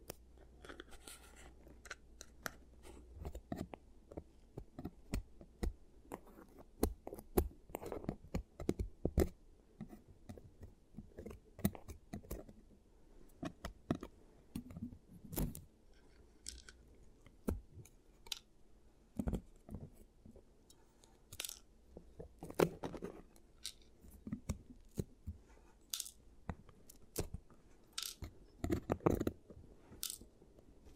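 ASMR teeth treatment sounds: a steady stream of short, crisp clicks and taps, some sharp and bright, others softer and duller. They come irregularly, several per second, with louder clusters around 8, 15, 23 and 29 seconds over a faint low hum.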